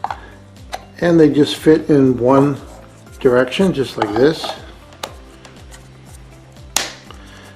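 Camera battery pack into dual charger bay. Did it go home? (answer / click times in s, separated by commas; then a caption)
yes / 6.8 s. Someone talks while Artman NP-FW50 1300 mAh Li-ion camera battery packs are slid, in the one direction they fit, into the bays of a plastic dual LCD USB charger and pressed home. Light plastic taps and scrapes follow, then a loud, sharp click at 6.8 s as a battery seats in its bay.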